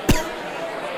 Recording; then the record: coughing mixed with background sound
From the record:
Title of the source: Coughing 51